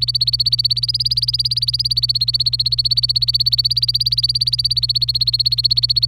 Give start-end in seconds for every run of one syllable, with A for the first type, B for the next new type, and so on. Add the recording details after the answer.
0.00-6.06 A. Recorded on 26 April 2018 at 08:25. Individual llb3